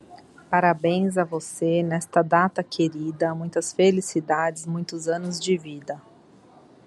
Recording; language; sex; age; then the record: short text; Brazilian Portuguese; female; 40 to 49 years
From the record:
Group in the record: control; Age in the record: 42 years